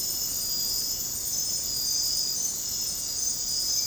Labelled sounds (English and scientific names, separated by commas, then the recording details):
none
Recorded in dense forest near Puerto Asís, Putumayo, Colombia, on 18 February 2024 at 03:00
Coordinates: 0.486, -76.316
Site G6437